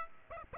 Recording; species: mosquito wingbeat signal from an infrared sensor; Aedes aegypti